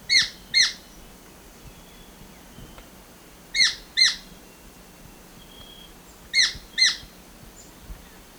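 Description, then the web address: Black-billed treehunter calls: harsh, squawky notes given in quick pairs, the pairs repeated about every three seconds, with a faint steady background hiss. Ecuador. "Birds of Ecuador 2. Black-Billed Treehunter"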